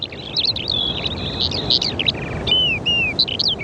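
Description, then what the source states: Eurasian skylark song: a rapid, varied stream of high chirps, trills and slurred whistles with only brief breaks, over faint low background noise. Summer on low-lying islands off the west coast of Ireland, important habitat; small birds singing high in the sky, hard to spot.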